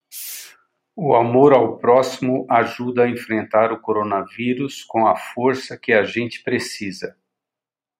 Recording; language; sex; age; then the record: spoken sentence; Brazilian Portuguese; male; 60 to 69 years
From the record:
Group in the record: control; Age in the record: 60 years